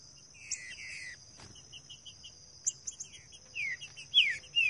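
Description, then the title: Green-winged saltator gives soft whistled notes, then louder downward-sliding whistles near the end, against a buzzing insect chorus and background hiss. Singing in the wild bush; song style labelled 'voz 08'. "Canto De Trinca Ferro Voz 08. TRINCA FERRO CANTANDO NO MATO"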